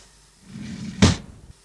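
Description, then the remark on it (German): A studio door is opened: a low rumbling scrape builds for about half a second, then a single sharp, loud clack of the latch, followed by a brief dull rumble that fades. “Mach die Tür auf, bitte.”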